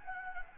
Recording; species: mosquito wingbeat signal from an infrared sensor; Anopheles gambiae